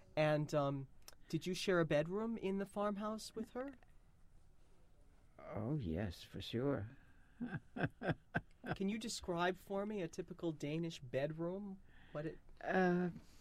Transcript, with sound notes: And did you share a bedroom in the farmhouse with her?
Oh, yes. For sure. (she laughs)
Can you describe for me a typical Danish bedroom? What it...
Uh,